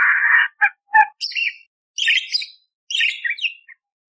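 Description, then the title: Budgerigar chirping: a buzzy warble, then short broken notes and higher scratchy chirps in bursts separated by brief pauses. Masteran training recording of a budgerigar chattering clearly with harsh 'tembakan' fill, intended for training kacer (magpie-robin). "Masteran Burung Parkit Gacor Jernih Full Isian Tembakan Kasar Cocok Buat Kacer"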